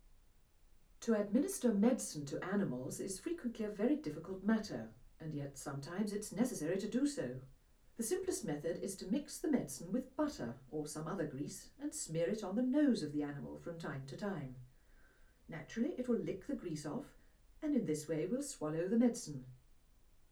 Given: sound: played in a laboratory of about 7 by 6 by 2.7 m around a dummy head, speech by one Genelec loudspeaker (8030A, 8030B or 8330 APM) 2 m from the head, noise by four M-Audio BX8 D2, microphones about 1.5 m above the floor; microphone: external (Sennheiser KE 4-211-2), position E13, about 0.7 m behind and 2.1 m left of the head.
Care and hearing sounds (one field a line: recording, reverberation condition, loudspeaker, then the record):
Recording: female speech in English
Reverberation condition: low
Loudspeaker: 120 degrees to the right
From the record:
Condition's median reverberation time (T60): about 310 ms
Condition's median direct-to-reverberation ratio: about 3.5 dB